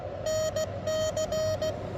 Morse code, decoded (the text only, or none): NC